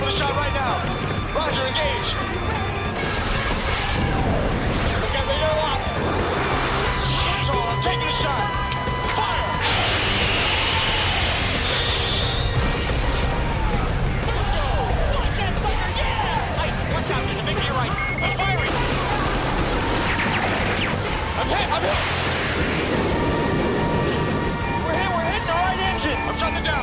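A dense, busy mix with fighter jet sound effects layered over music, staying loud and packed from start to finish. Repeated sharp bursts like gunfire and crashes punch through, clustered around 3, 7–12 and 18–23 seconds, with voices and tonal sweeps mixed in.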